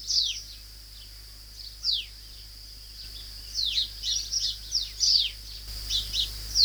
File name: suara panggilan burung kacamata perak. omkicau